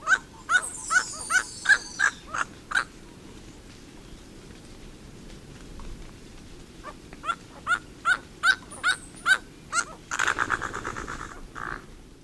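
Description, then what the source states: Bird repeating short nasal notes in two runs separated by a quiet pause, with higher chatter early on and a brief noisy burst near the end. Songs and calls of several bird species in a Costa Rican cloud forest.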